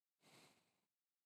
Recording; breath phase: one breath near a microphone; exhalation